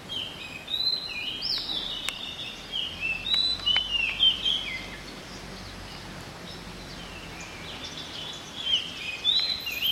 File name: Magpie Robin